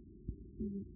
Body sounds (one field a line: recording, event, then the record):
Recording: neck accelerometer signal played as sound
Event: no cough (speech, laughter, throat clearing or background)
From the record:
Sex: female